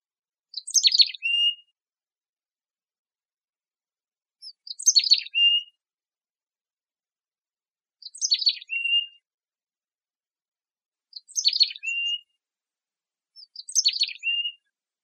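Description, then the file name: Mountain chickadee calls: five chick-a-dee phrases, each a burst of high, sharp notes ending in a drawn-out dee, repeated every two to four seconds in silence. Recorded in Arizona on 6 August 2004. "MOCH 1 B Deviche"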